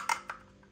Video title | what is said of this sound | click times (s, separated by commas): Je teste ce rasoir anti-bouloche (adieu les peluches !) | donc pour le remettre il se clipse directement et il tient fermement | 0.1 s, 0.3 s